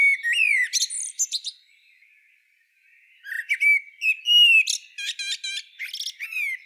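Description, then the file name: Common blackbird singing two phrases, each opening with low, mellow fluted whistles and ending in high, squeaky twittering flourishes, separated by a short pause. "Turdus merula"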